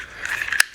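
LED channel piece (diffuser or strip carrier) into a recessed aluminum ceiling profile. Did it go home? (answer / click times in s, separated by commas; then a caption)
yes / 0.6 s. One side of an LED lighting channel piece (a diffuser or strip carrier) is lined up and pressed into a recessed aluminum ceiling profile set in drywall mud. Faint scraping ticks come before a single sharp, bright click at 0.6 s. The piece has seated in the profile and can now be slid along it.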